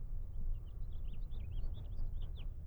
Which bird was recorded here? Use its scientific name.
Haemorhous mexicanus